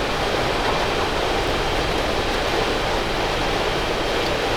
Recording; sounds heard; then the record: poultry house recording; no chicken sound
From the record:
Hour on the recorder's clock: 16